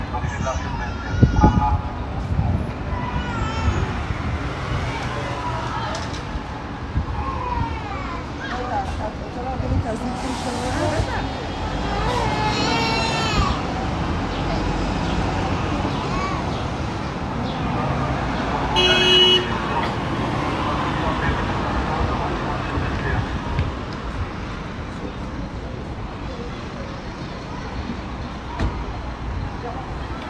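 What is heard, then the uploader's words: A walk through a city park, with a steady low hum of traffic running underneath the whole time. Voices chatter and call out now and then, and a brief sharp knock comes near the start. City Park Sounds. Walking In Modiin, Israel.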